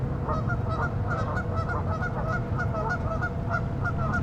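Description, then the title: Goose honks repeated rapidly by several birds, a busy chorus of short nasal calls above low rumbling noise. "neoscenes: geese"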